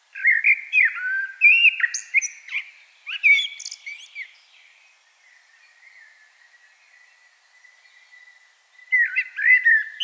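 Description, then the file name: Common blackbird pouring out warbled, fluty phrases with squeaky high flourishes, falling quiet midway, then starting another phrase near the end. "Turdus merula"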